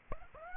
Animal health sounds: mosquito wingbeat signal from an infrared sensor; Aedes aegypti

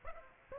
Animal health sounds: mosquito wingbeat signal from an infrared sensor; Aedes aegypti

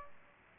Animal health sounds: mosquito wingbeat signal from an infrared sensor; Aedes aegypti

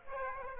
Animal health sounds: mosquito wingbeat signal from an infrared sensor; Aedes aegypti

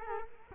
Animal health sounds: mosquito wingbeat signal from an infrared sensor; Culex quinquefasciatus

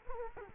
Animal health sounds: mosquito wingbeat signal from an infrared sensor; Culex quinquefasciatus

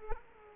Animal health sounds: mosquito wingbeat signal from an infrared sensor; Culex quinquefasciatus

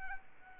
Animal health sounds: mosquito wingbeat signal from an infrared sensor; Anopheles arabiensis

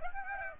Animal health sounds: mosquito wingbeat signal from an infrared sensor; Aedes aegypti

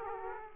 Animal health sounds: mosquito wingbeat signal from an infrared sensor; Aedes aegypti

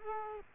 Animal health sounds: mosquito wingbeat signal from an infrared sensor; Culex quinquefasciatus

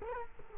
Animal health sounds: mosquito wingbeat signal from an infrared sensor; Culex quinquefasciatus

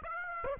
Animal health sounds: mosquito wingbeat signal from an infrared sensor; Aedes aegypti

